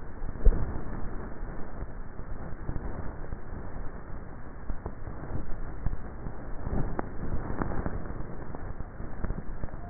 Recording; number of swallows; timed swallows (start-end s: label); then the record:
swallowing sounds by neck microphone; 2
0.51-1.24 s: swallow
6.71-7.41 s: swallow
From the record:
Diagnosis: dysphagia